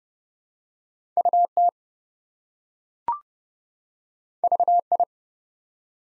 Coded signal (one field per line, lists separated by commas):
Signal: Morse code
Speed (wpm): 29 wpm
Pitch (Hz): 700 Hz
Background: none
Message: UT VI